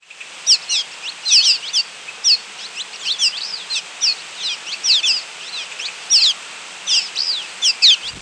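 Cave Swallow calls: short, high, squeaky chirps given in quick irregular bursts, several notes clustered together with brief pauses between them.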